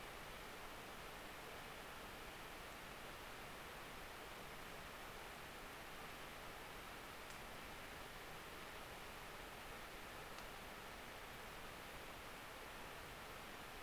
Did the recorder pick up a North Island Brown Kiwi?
no